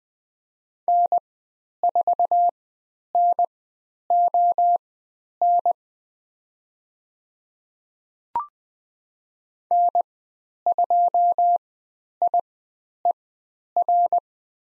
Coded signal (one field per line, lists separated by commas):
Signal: Morse code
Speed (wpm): 20 wpm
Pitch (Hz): 700 Hz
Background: none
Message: N4NON N2IER